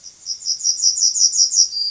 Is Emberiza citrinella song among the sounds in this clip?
yes